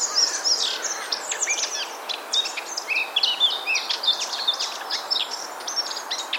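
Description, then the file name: Eurasian blackcap song, a busy run of scratchy twittering notes mixed with a few clearer whistles, continuing throughout over steady background hiss. "Sylvia atricapilla"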